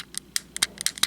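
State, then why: Not seated. A plastic panel hook tab is pressed repeatedly into a slot in the body of a Transformers Earthrise War for Cybertron Arcee figure. Six short, sharp plastic taps are heard, bright in the upper frequencies. The tab does not snap in or lock and stays with a gap, so nothing has seated or clicked yet.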